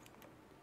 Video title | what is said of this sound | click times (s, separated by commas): Canon T6i & T6s (750d & 760d) Training Tutorial - Part 1 | and as you can hear it's clicked in once it's in you can close it up and there it is | 0.1 s, 0.2 s